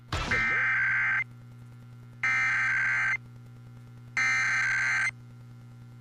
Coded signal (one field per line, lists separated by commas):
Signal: Emergency Alert System (SAME) tones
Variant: header bursts